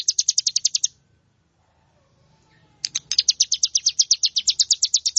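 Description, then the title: Plain prinia giving a fast, even series of high buzzy notes, stopping for nearly two seconds before resuming a longer rapid run. "Ciblek Sawah"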